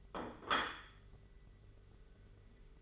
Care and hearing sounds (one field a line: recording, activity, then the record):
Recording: daily activity, microphone in the room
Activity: place plate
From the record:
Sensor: 4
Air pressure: 991.6 hPa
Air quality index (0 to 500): 126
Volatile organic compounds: 36 ppm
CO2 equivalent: 3071 ppm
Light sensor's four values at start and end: 19/64/24/24 and 19/64/24/24